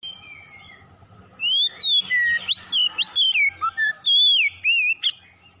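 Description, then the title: Oriental magpie-robin song with fluty whistles, downslurred notes and bright warbled phrases delivered in a steady stream of short bursts. Tretes variety; singing vigorously (gacor). "Kacer Tretes"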